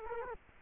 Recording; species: mosquito wingbeat signal from an infrared sensor; Culex quinquefasciatus